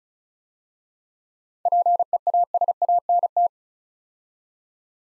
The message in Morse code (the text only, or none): PEASANT